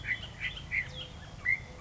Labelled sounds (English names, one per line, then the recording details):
Bullock's Oriole
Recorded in Sonoma County, California